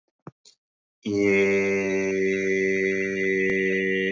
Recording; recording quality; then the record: sustained vowel as in made; excellent, no background noise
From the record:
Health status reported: COVID-19 positive, mild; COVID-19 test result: positive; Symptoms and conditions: cough, cold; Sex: male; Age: 26 years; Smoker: not ticked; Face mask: not worn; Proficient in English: yes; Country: India